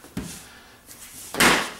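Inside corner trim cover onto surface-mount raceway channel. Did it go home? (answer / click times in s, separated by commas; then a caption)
yes / 1.3 s. An inside 90-degree plastic corner trim piece is pressed onto the corner of a Wiremold surface-mount raceway channel as a friction fit, taking care not to pinch the wires. A low thump at 0.2 s is followed by a quiet stretch, then a sharp, bright snap at 1.3 s as the trim seats. The corner trim cover snaps into place.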